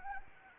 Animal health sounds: mosquito wingbeat signal from an infrared sensor; Anopheles gambiae

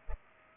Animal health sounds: mosquito wingbeat signal from an infrared sensor; Culex pipiens

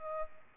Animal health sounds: mosquito wingbeat signal from an infrared sensor; Aedes albopictus

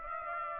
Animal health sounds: mosquito wingbeat signal from an infrared sensor; Aedes aegypti

